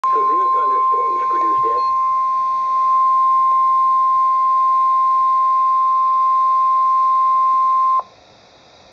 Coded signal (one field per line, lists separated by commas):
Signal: Emergency Alert System (SAME) tones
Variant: 1050 Hz attention tone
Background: speech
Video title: Special Marine Warning (EAS #452)